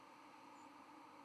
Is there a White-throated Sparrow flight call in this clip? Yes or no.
yes